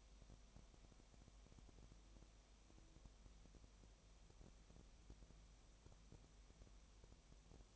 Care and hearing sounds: daily activity, microphone in the room; no activity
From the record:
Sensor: 1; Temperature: 19.7 degrees Celsius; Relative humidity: 37.1%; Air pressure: 1007.3 hPa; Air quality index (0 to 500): 144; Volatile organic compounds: 5 ppm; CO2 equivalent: 1763 ppm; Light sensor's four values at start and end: 1/2/1/1 and 1/2/1/1

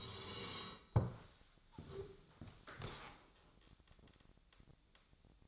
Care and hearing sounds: daily activity, microphone in the room; sit down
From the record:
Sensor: 3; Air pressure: 1000.4 hPa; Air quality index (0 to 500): 170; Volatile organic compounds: 3 ppm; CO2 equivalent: 1484 ppm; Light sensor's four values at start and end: 14/32/13/14 and 14/32/13/14

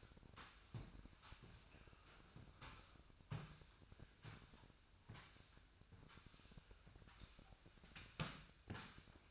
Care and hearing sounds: daily activity, microphone in the room; sweep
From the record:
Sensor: 2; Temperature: 24.9 degrees Celsius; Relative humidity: 39.7%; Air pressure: 1001.5 hPa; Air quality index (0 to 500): 227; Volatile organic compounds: 26 ppm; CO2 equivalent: 2852 ppm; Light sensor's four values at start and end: 8/26/10/9 and 8/26/10/9

